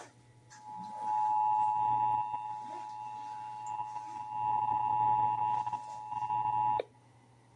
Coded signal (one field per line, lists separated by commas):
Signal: Emergency Alert System (SAME) tones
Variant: 853 and 960 Hz attention tone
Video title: (EAS #821-825) April 2025 Texas Required Monthly Test